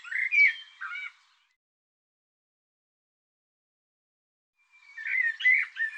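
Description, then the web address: Bird song: a short burst of squeaky, slurred notes, a long silent gap, then another warbled phrase starts. Labelled 'Tu Me Tu Me'. "cianscape birddata Deverinetal 2025 Bird Tu Me Tu Me"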